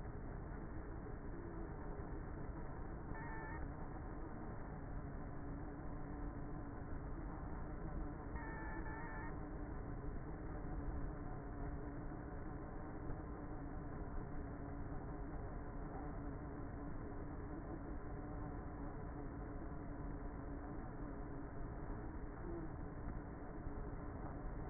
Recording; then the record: honeybee colony, microphone inside the hive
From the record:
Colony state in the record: queenless with a low population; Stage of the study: before two queens were removed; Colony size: about 30,000 bees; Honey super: no